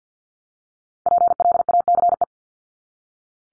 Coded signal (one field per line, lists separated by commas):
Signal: Morse code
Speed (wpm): 48 wpm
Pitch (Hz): 700 Hz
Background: none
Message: PLACE